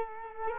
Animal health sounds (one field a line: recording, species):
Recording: mosquito wingbeat signal from an infrared sensor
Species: Culex quinquefasciatus